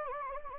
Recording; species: mosquito wingbeat signal from an infrared sensor; Anopheles gambiae